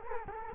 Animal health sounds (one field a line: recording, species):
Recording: mosquito wingbeat signal from an infrared sensor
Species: Culex quinquefasciatus